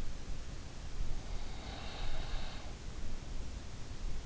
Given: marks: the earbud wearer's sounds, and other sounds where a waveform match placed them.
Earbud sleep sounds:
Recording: sounds in sleep by an in-ear microphone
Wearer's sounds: breath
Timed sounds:
1.14-3.77 s: breath

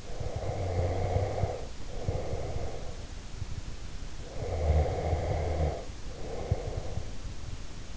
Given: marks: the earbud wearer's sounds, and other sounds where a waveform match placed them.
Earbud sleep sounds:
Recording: sounds in sleep by an in-ear microphone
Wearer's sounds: breath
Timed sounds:
0.00-3.11 s: breath
4.17-7.06 s: breath

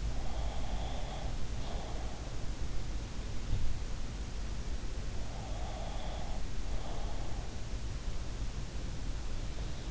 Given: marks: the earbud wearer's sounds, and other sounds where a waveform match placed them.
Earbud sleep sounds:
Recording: sounds in sleep by an in-ear microphone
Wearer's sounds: breath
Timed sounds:
0.00-2.32 s: breath
5.33-7.46 s: breath

